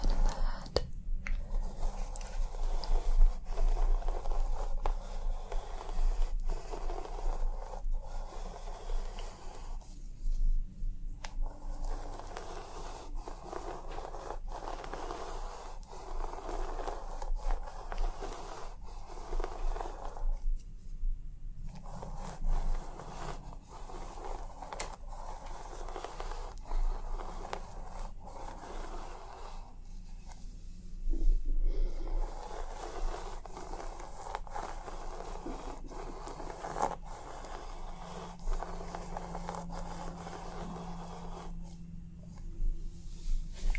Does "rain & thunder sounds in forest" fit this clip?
no